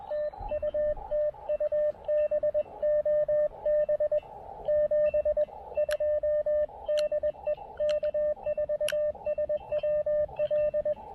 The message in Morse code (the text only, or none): TU TU BOB 7 2 DE K4SWL